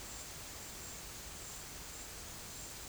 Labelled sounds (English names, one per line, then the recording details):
none
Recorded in secondary vegetation near Puerto Asís, Putumayo, Colombia, on 22 December 2024 at 13:30
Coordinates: 0.489, -76.322
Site G059